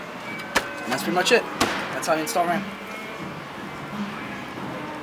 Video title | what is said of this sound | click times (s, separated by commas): Installing Memory On Your Computer | push all the way down to hear a click verify that the little mechanisms are actually in place with the RAM and | 0.6 s